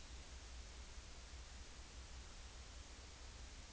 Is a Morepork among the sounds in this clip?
no